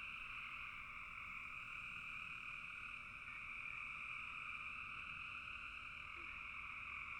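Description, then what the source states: Frogs calling in a dense, continuous chorus, a steady drone held without pause throughout. Frogs calling in a bog.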